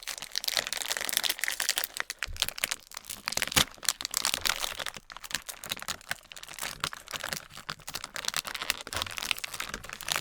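German snacks are being eaten, with almost continuous crinkling and rustling of a packet filling the whole ten seconds. Sharp crackles and small crunches come fast and irregularly, bright and hissy, with a few heavier thumps near the two-, four- and nine-second marks.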